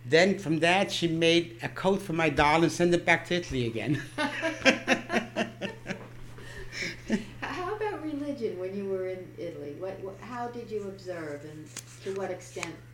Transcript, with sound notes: Then from that she made a coat for my doll and sent it back to Italy again. ( they laugh )
How about religion when you were in Italy? How did you observe, and to what extent?